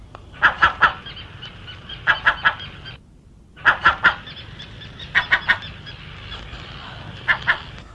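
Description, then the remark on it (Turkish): A grey and black feathered crow gives harsh, raspy caws in short bursts of two or three, repeated about five times over a low steady background hum, with brief pauses between groups. “Sizi karga haline getireceğiz Nikolaos. Güzel gri siyah tüylü, kanatlı kardeşleriniz arasına karışan bir karga.”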